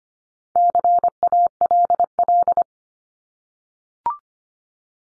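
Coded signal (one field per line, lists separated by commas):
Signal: Morse code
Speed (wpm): 25 wpm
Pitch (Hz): 700 Hz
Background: none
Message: CALL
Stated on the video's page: Morse sent at 25 wpm as a head-copy drill of the 300 most common English words, each word sent three times, then spoken, then sent again.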